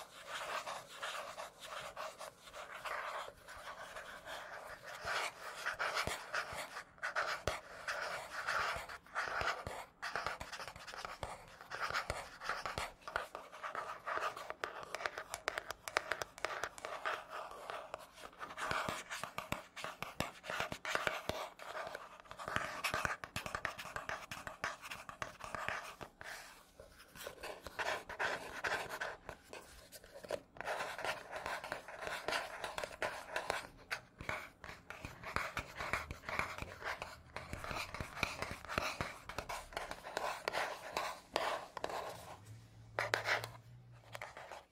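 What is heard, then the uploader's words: Scratchy tapping on matte surfaces runs almost without a break, a dense, rasping patter of quick irregular strokes with a dry, bright grain. Brief pauses fall near 19, 30 and 43 seconds, and a faint low hum sits steadily underneath. Scratchy Tapping on 3 Matte Surfaces (NO TALKING).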